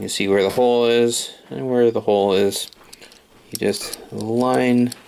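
A plastic toy character is lined up with the hole in the seat of a Hot Wheels Mario Kart die-cast kart while someone talks, with faint handling sounds between the words. The character has not clicked into place yet.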